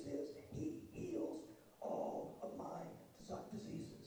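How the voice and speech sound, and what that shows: An adult man preaching speaks slowly in drawn-out phrases, "he heals all of my diseases", with a rough, strained, hoarse voice that carries little clear ringing tone. After he lost his voice, only a little came back and it stayed very hoarse, with his throat tight for three to four years. The sound fits severe, long-standing dysphonia, an impaired voice, heard while he is still ill.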